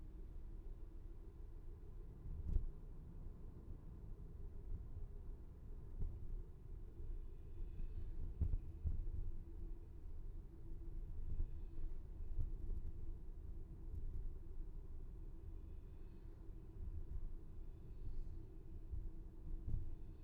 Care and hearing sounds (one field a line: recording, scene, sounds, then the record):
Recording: everyday scene through a hearing-aid microphone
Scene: in a vehicle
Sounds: engine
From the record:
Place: VW T5 Caravelle, diesel engine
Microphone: behind the ear, left, front